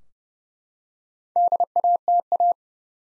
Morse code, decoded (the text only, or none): DATA